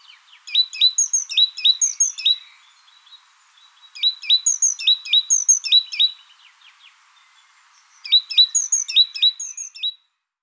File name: Parus major